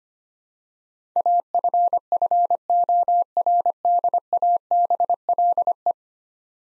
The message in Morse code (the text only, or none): AFFORDABLE